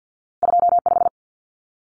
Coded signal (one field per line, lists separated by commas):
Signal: Morse code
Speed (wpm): 50 wpm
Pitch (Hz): 700 Hz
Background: none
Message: 25